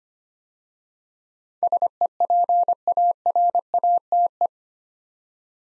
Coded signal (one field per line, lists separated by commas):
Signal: Morse code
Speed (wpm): 25 wpm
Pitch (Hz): 700 Hz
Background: none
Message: SEPARATE